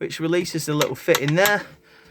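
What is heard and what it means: Someone talks while handling the push-button release latch of an overhead storage locker door in a cabinet of a 2020 Carado i338 Emotion Edition motorhome. The door is handled but not yet pushed home, so nothing has seated or clicked yet. The speech fades into quiet room tone near the end.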